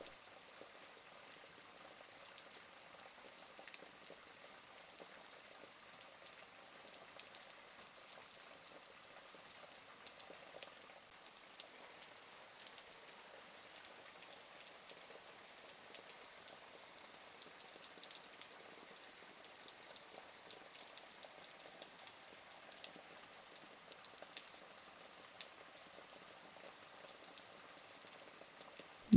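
Steady, even rain patters with a soft, bright hiss, quiet and unchanging throughout, with only faint scattered drips and no clear other sounds.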